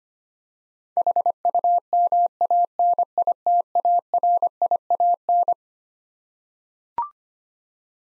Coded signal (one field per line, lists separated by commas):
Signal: Morse code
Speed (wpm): 25 wpm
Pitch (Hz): 700 Hz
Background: none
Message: HUMANITARIAN